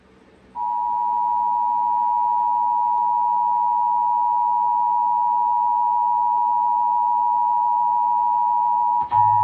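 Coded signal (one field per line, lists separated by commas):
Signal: Emergency Alert System (SAME) tones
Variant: 853 and 960 Hz attention tone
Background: music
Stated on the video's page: Monthly required test on FM station WCQR-FM, recorded on an iPhone 12 Pro Max.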